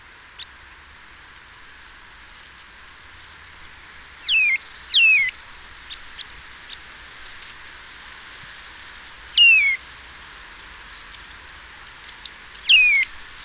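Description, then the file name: Eurasian Nuthatch calls: clear, downslurred whistled notes, four of them spaced irregularly throughout, with a few faint ticks over a steady background hiss. "Sitta europaea"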